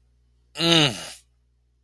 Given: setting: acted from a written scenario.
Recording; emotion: vocal sound without words; desire